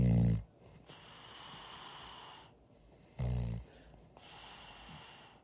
The sound of snoring. Sleeping there in the studio they stuck a microphone in his face and recorded him snoring.